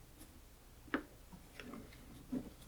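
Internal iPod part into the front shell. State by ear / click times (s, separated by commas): seated / 0.9 s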